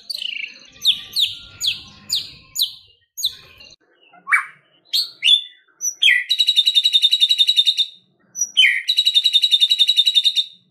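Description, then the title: White-rumped shama: songbird singing repeated sharp descending notes, then long, fast, even rattling trills given twice with a brief gap between. Song used to train caged birds. "MURAI BATU LABAIK"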